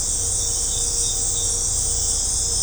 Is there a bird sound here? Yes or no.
no